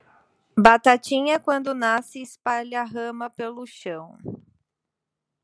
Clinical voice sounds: short text; Brazilian Portuguese; female; 20 to 29 years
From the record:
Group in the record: control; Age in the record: 24 years

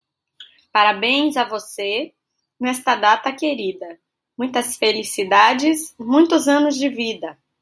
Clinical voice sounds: short text; Brazilian Portuguese; female; 40 to 49 years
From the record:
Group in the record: control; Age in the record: 44 years

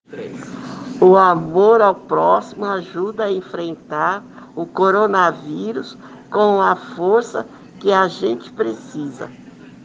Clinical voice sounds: spoken sentence; Brazilian Portuguese; female; 60 to 69 years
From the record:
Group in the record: respiratory insufficiency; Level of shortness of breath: 5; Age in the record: 65 years

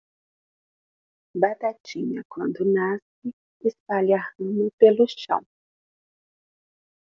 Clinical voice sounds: short text; Brazilian Portuguese; female; 50 to 59 years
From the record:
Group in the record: control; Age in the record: 57 years

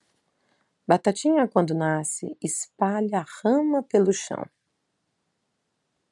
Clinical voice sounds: short text; Brazilian Portuguese; female; 40 to 49 years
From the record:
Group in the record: control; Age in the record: 40 years

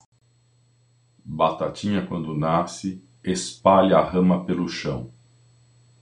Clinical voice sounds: short text; Brazilian Portuguese; male; 60 to 69 years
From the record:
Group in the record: control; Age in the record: 62 years

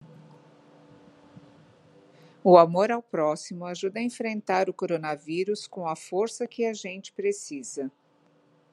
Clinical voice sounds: spoken sentence; Brazilian Portuguese; female; 50 to 59 years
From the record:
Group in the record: control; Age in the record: 59 years

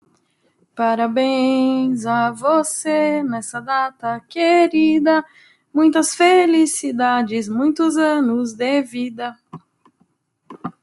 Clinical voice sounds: short text; Brazilian Portuguese; female; 30 to 39 years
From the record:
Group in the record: control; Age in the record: 33 years

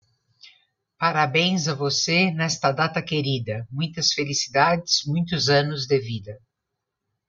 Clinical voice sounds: short text; Brazilian Portuguese; female; 60 to 69 years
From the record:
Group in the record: control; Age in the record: 65 years

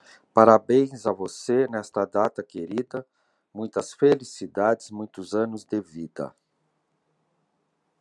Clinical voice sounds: short text; Brazilian Portuguese; male; 60 to 69 years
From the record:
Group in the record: control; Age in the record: 60 years

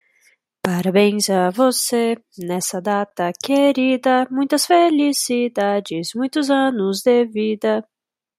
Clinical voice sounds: short text; Brazilian Portuguese; female; 20 to 29 years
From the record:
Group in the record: control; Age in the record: 21 years

